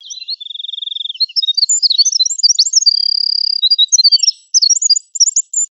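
Bird twittering: a fast, busy run of high chirps and trills, including a couple of even, level trills, lasting several seconds against silence.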